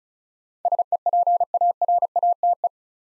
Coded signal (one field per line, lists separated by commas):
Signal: Morse code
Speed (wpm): 33 wpm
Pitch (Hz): 700 Hz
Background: none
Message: SEPARATE